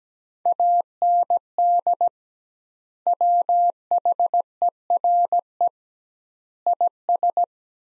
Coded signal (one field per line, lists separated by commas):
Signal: Morse code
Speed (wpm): 17 wpm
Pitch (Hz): 700 Hz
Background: none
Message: AND WHERE IS